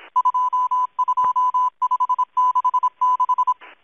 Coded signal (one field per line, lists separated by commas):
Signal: Morse code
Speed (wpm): 26 wpm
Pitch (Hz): 1000 Hz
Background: none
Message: 22566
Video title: Russian, Morse code, spy numbers station ENIGMA ID M12, 11144 kHz, 24 June, 2023, 2100 UTC